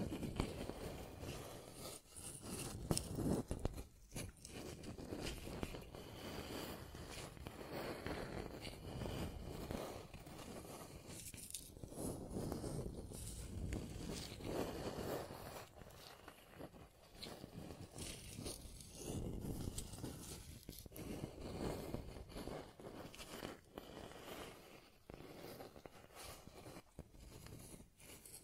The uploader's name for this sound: Scratching and Tracing Sounds